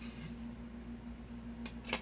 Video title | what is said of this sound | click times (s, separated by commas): Add a Keyboard to your 5 Drawer US General Cart | one bracket hooks onto the other and locks into place like that, and it's very sturdy. | 1.9 s